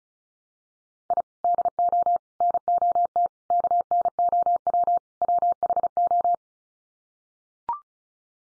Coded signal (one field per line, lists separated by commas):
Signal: Morse code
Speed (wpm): 34 wpm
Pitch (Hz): 700 Hz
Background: none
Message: I DO NOT KNOW WHO